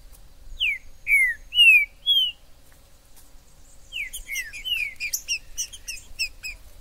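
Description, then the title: Green-winged saltator song: four loud, clear slurred whistles, then a quicker jumble of slurred whistles mixed with high chips from other birds. Wild bird in the forest; the video is meant to excite a kept trinca-ferro to call, sing and display in contests. "TRINCA Piando, Cantando E Macheando Na DISPUTA. TRINCA FERRO no MATO. Trinca ferro MAJOR no MATO"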